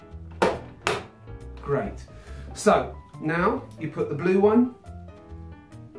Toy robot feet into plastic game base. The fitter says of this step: you've probably clicked it into the wrong thing but hopefully you won't so let's hear that click again great